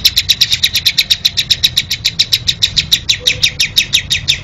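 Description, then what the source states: Lovebird song: quick, sharp, high chirps repeated at an even rapid pace, with a faint low rumble underneath. Recording offered as a master track for training other birds.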